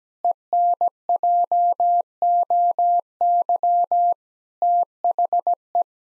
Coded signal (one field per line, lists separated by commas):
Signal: Morse code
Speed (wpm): 17 wpm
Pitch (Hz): 700 Hz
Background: none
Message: ENJOY THE